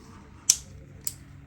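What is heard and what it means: Two rod tips sit inside a plastic, EVA-foam-lined tip protector case as it is closed, and its clip latch locks shut. Two sharp clicks are heard at 0.5 and 1.1 seconds, the first louder. The latch is locked in place.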